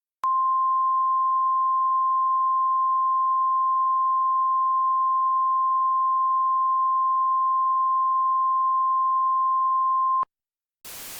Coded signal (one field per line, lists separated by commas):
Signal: Emergency Alert System (SAME) tones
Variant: 1050 Hz attention tone